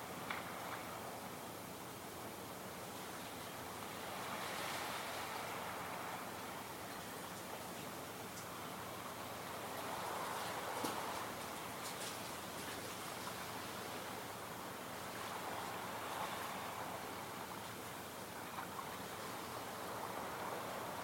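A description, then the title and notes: Light waves wash in a steady, dense hiss that swells gently every few seconds, with soft surges around five, ten and fifteen seconds. Faint ticks and splashes flicker through the bright upper range, over a low, even rumble that never stops. Visit the light waves of Calm Waters one last time. All of season two was recorded near its rocky shores.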